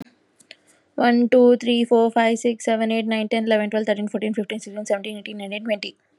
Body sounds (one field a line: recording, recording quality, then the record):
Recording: counting at a normal pace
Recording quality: excellent, no background noise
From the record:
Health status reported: COVID-19 positive, mild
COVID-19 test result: positive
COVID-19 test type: RT-PCR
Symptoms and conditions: fatigue, muscle pain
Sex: female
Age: 28 years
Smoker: no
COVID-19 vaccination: both doses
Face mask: not worn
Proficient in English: yes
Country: India